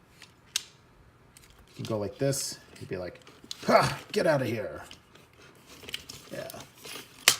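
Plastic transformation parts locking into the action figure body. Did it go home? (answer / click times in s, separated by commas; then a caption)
yes / 7.3 s. Someone talks while moving the plastic transformation parts of a Transformers Cyberverse Ultimate Class Megatron action figure into position, with a few small plastic clicks along the way, including one near 0.6 s. At 7.3 s the parts lock into place in the figure's body with a loud, sharp plastic click, and they are seated.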